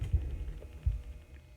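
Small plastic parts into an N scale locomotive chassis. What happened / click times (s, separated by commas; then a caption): Small parts handled, not yet seated / none. Small plastic parts are handled over the chassis of an N scale Con-Cor Rail Baron 4-6-4 steam locomotive during reassembly, ready to be pressed in. Low thumps and a steady hum are heard, with faint ticks near 0.6 s and 1.4 s, and nothing has seated or clicked yet.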